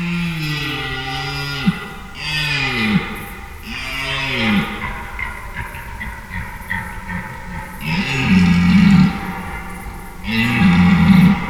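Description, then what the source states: Red deer stag roars, several deep harmonic bellows in quick succession, then after a pause two more roaring bouts. Red deer stags calling overnight during the rut in Schönbuch near Tübingen, Germany, September 2023.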